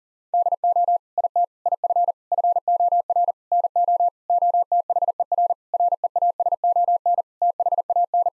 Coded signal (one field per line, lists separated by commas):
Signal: Morse code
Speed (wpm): 40 wpm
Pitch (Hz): 700 Hz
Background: none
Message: DO IT IF FOR NO OTHER REASON THAN